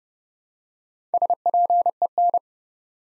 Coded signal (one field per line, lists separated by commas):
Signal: Morse code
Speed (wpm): 30 wpm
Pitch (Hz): 700 Hz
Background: none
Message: SPEN